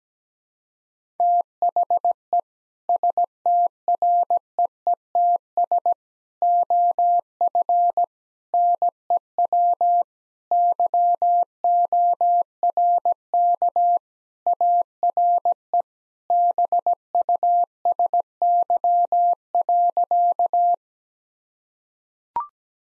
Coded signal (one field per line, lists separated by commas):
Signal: Morse code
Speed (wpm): 17 wpm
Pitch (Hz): 700 Hz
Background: none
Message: THE STREETS OF NEW YORK ARE BUSY.